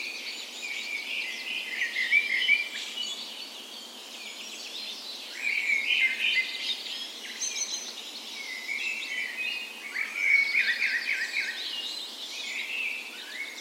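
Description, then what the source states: Birds singing a dense dawn chorus, with several songs overlapping in bursts of whistles, chirps and trills that swell every few seconds. Dawn chorus in a park west in Bergen, Norway, on the morning of 17 May, Norway's National Day, in spring; recorded with Sony PCM A10 and LOM Usi microphones as tree ears.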